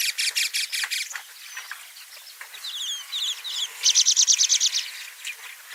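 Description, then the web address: Fischer's lovebird chattering with bursts of shrill, buzzy pulsed notes repeated rapidly, then quieter twitters and a fast run of sharp high chirps near the end. "golosa ptic kak poyut popugai nerazlucniki agapornis. parrots agapornis-fischeri"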